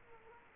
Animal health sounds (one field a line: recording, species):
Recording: mosquito wingbeat signal from an infrared sensor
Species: Culex quinquefasciatus